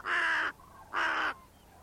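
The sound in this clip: Bird giving two short, harsh caws in quick succession.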